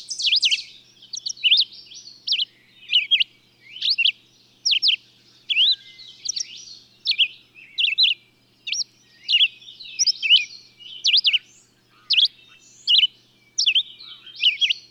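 Bird song: a series of bright, sharply sweeping high chirps, with soft twittering between them.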